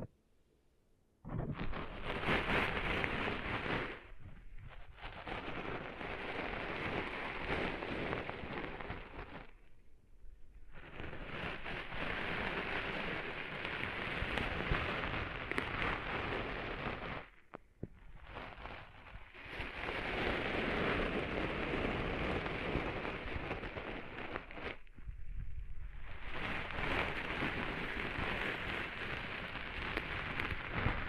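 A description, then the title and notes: Sand is cleaned out of ears in dense, grainy scratching and rustling, rain-like, in long stretches broken by brief pauses every few seconds. ASMR Cleaning Sand Out of Your Ears (No Talking).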